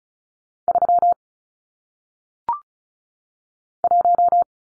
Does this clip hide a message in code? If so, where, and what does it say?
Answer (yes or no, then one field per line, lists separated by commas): yes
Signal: Morse code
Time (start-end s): 0.7-4.4 s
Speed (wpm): 36 wpm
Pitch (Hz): 700 Hz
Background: none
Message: 3 1